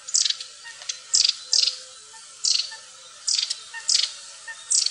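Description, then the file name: Long-tailed tit calls: rasping, buzzy bursts repeated about every half second to one second, some doubled, over a low steady hum. "stjertmeis"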